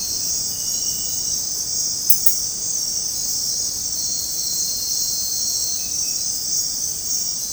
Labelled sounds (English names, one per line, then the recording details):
none
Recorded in dense forest near Puerto Asís, Putumayo, Colombia, on 20 February 2024 at 01:30
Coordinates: 0.503, -76.322
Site G6418